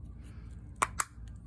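On a lawn mower, a retaining piece is pushed over a smaller black rubber seal that went in first, to hold it in and seal it. A loud, sharp snap at 0.8 s is followed by a second, slightly softer sharp click at 1.0 s over low background noise. The retaining piece snaps into place and is seated.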